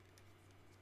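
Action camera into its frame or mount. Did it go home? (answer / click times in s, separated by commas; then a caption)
no / none. A small action camera is being handled as it is fitted into its plastic frame or mount, producing faint soft rustles and light taps over a steady low hum. Nothing has seated or clicked yet.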